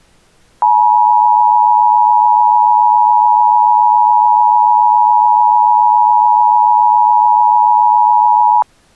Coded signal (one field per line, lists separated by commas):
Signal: Emergency Alert System (SAME) tones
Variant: 853 and 960 Hz attention tone